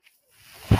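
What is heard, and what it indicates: A quiet start gives way to a soft, rising airflow hiss, ending in a sudden low, rumbling push of air. This is the breath-delivery noise of a home mechanical ventilator used by the person speaking, running in the background.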